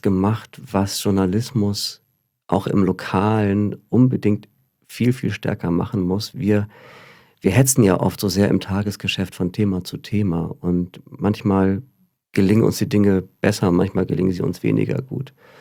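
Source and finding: Adult man speaking German. Typical speech.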